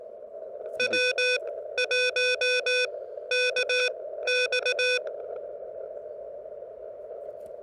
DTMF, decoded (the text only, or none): none